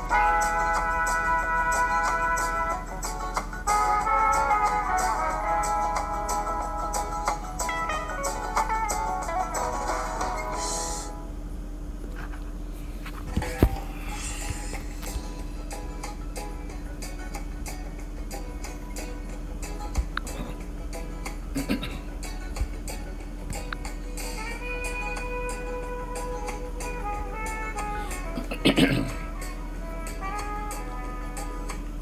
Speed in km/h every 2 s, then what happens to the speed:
0, 0, 0, 0, 0, 0, 0, 0, 0, 0, 0, 0, 0, 0, 0, 0.
0-32 standing.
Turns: none.